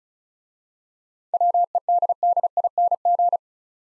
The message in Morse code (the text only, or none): WEDDING